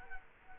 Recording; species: mosquito wingbeat signal from an infrared sensor; Culex quinquefasciatus